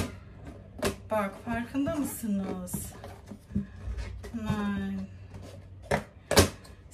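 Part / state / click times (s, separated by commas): plastic lid on a food storage container / not seated / none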